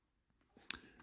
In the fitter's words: boom Clicks in